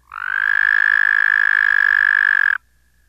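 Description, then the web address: Wyoming toad giving a single long, steady, rapidly pulsed trill, even in pitch, lasting about two and a half seconds before stopping abruptly. North America. "Songs of Frogs Toads of North America. Wyoming Toad"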